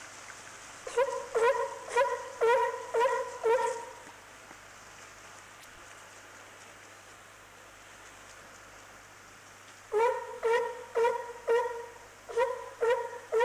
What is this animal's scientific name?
Zalophus californianus